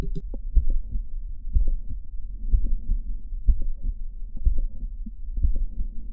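Heart by stethoscope at about 61 beats per minute in a patient over 80, heard along the left lower sternal border. Mitral valve prolapse: a mid-systolic click followed by a crescendo late systolic murmur.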